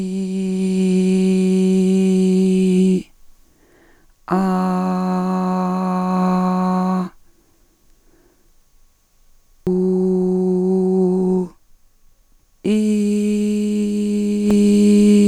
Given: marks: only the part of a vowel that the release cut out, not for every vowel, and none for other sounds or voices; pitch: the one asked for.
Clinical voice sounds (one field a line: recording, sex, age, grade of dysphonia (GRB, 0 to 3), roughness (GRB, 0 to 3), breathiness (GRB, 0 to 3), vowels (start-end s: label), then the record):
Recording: sustained vowels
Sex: female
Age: 40 to 49 years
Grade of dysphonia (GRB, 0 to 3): 2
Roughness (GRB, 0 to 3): 2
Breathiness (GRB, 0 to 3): 2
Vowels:
0.00-2.52 s: vowel /i/, normal pitch
4.44-6.92 s: vowel /a/, normal pitch
9.73-11.34 s: vowel /u/, normal pitch
12.77-14.49 s: vowel /i/, high pitch
From the record:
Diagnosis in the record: dysphonia, Reinke's edema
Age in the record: 44 years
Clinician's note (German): Organisch-funktionelle Dysphonie, ponogene Belastung